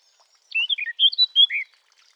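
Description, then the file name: Eurasian blackcap singing a brief varied warble of fluty, slurred notes, then falling silent. "Sylvia atricapilla"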